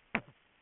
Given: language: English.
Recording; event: throat vibration sensor signal played as sound; cough